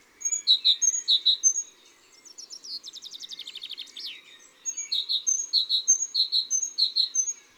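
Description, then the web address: Great tit repeating two-note phrases, interrupted by a fast buzzy trill, then resuming its steady see-saw song. "la mesange charbonniere. cuicui et compagnie"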